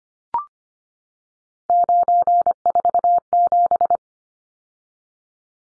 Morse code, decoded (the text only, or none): 947